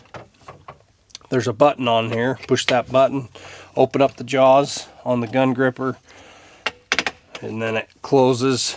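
Someone talks while working the button and jaws of a gun gripper on an aluminum under-seat gun rack for a Can-Am Defender, pressing the button to open the jaws and then closing them. Soft handling taps come early, and a quick cluster of sharp mechanical clicks sounds around 6.7 to 7.1 s. Nothing has locked or seated yet.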